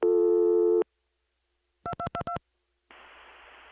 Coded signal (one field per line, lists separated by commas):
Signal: DTMF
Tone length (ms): 80 ms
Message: 2222